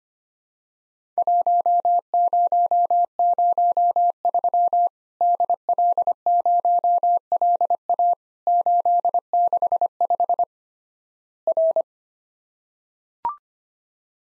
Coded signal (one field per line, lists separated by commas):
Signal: Morse code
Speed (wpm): 25 wpm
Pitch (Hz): 700 Hz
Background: none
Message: 1003 DL0LA 865 R